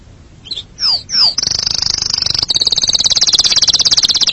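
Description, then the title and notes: Canary song: two slurred descending notes, then a long, high, rapid trill that turns into a pulsing roll. "BM Suara Burung Kenari"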